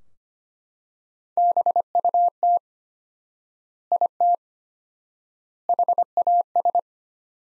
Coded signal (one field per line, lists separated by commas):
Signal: Morse code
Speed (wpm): 25 wpm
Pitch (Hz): 700 Hz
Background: none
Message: BUT IT HAS